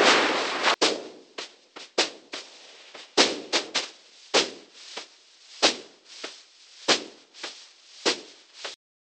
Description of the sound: Cochlear implantee simulation of milk cow blues.